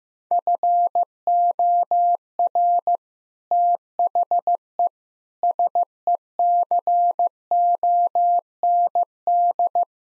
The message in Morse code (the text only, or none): FOR THE SECOND